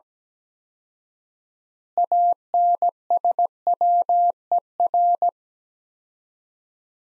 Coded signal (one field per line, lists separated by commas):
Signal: Morse code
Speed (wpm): 17 wpm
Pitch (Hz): 700 Hz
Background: none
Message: ANSWER